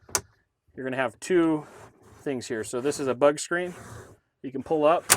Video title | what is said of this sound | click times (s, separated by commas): 2024 Scout Yoho Walkthrough | And then when you bring it back in and lock her back up, | 0.1 s